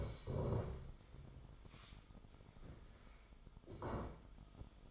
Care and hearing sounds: daily activity, microphone in the room; stand up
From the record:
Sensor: 5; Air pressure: 1005.4 hPa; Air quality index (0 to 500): 104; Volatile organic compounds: 2 ppm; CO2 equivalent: 1283 ppm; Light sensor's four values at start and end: 34/78/31/30 and 34/78/31/30

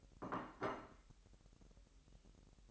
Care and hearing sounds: daily activity, microphone in the room; place plate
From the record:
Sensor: 3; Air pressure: 1002.0 hPa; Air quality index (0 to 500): 247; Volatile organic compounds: 51 ppm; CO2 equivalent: 3306 ppm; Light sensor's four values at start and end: 12/37/16/13 and 12/36/16/13

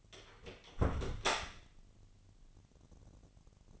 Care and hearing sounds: daily activity, microphone in the room; close door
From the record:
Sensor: 4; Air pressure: 999.2 hPa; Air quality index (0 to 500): 114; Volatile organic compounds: 2 ppm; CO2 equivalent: 1118 ppm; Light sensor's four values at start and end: 13/31/12/14 and 13/31/12/14

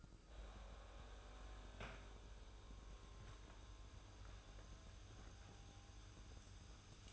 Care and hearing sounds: daily activity, microphone in the room; make coffee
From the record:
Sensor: 2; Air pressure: 994.8 hPa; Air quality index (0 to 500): 55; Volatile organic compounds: 1 ppm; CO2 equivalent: 902 ppm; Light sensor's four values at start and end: 14/49/19/18 and 14/48/18/18

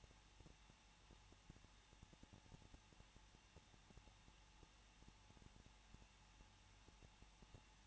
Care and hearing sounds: daily activity, microphone in the room; no activity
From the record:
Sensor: 1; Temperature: 20.1 degrees Celsius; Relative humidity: 39.2%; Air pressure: 1006.3 hPa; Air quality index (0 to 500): 218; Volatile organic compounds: 78 ppm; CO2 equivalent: 3588 ppm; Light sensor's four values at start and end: 1/2/1/1 and 1/2/1/1

